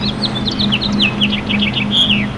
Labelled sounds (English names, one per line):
House Finch song